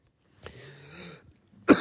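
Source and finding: Woman. Cough.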